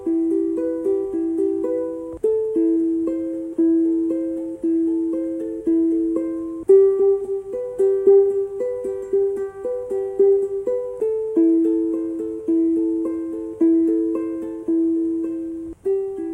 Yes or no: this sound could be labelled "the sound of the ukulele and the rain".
yes